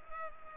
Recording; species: mosquito wingbeat signal from an infrared sensor; Culex pipiens